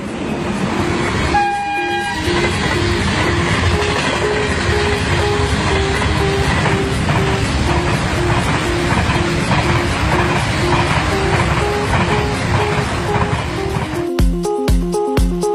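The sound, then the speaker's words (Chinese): A Fuxing high-speed EMU train, China's newest high-speed train, on the Beijing–Shanghai high-speed railway rumbles steadily along the rails with a dense, continuous roar and rhythmic clatter. A brief horn toot comes near the start and sharp repeated thumps as cars pass at the end. “中国高铁这四个字这几年在不断地刷新着全球华人以及国外友人的关注，被称作中国高铁最新版的复兴号动车组在京沪高铁双向首发，大家把目光再次聚焦到了中国高铁。”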